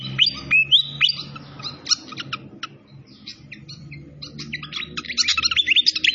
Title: Masteran Sikatan Kipas Suara Jernih Dan Suara Gemericik Air